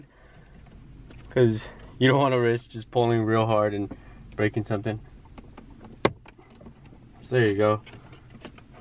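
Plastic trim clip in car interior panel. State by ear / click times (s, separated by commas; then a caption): released / 8.5 s, 8.6 s. A plastic retaining clip on an interior trim panel of a 2020 Civic Si is pried loose by hand, and someone talks first. A sharp snap comes at 6.1 s, then short clicks at 8.5 s and 8.6 s as the first clip pops out and releases.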